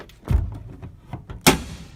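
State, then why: Seated. The steel tailgate on a 1965 Scout 800 vintage SUV body is pushed down from the inside, with softer thumps and rattles at about 0.3, 1.1 and 1.3 seconds. At 1.5 seconds a loud metallic clunk rings out as the tailgate latch locks into place.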